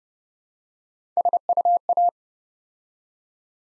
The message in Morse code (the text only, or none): SUA